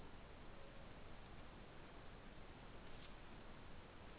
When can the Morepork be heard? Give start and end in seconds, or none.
none